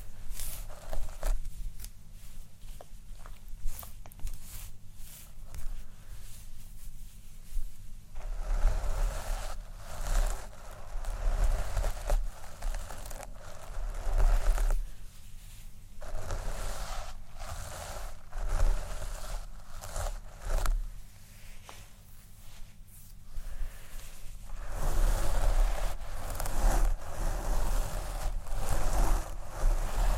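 Hair being brushed and scratched in uneven bursts of crackly rustling, busier and louder after about eight seconds, under a steady low hum.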